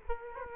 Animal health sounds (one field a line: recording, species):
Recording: mosquito wingbeat signal from an infrared sensor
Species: Culex quinquefasciatus